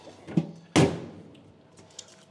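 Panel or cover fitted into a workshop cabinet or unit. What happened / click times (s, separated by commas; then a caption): The panel dropped into place with a loud knock / 0.8 s. A panel or cover on a workshop cabinet or unit, jammed because it had been tilted, is straightened and drops into place with a loud knock at 0.8 s. A smaller knock comes just before, and faint light taps follow. The panel is seated and fits properly.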